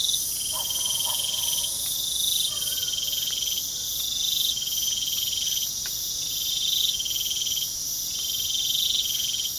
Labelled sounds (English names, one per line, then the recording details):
none
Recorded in pastures near Puerto Asís, Putumayo, Colombia, on 24 June 2025 at 22:00
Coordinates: 0.497, -76.327
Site G040